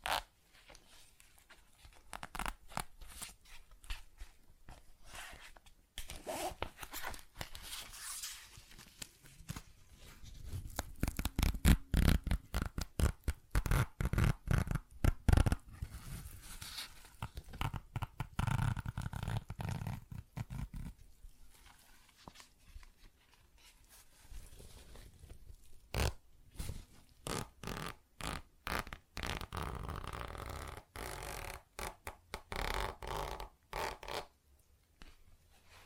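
ASMR tapping, scratching and zipper sounds: quick, dense bursts of crisp clicks and scrapes arrive in irregular clusters, busiest between about 10 and 20 seconds and again after 25 seconds. Low rumbling swells sit underneath, with brief quiet gaps around 6 and 24 seconds.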